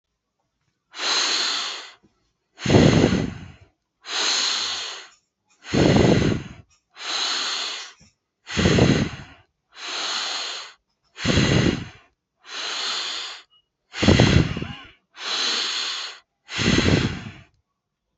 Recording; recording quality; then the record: deep breathing; excellent, no background noise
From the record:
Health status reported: healthy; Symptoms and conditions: none ticked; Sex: male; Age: 31 years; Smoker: not ticked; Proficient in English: yes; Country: India